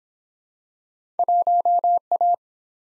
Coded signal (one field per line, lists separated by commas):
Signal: Morse code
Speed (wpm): 22 wpm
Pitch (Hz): 700 Hz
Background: none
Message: 1A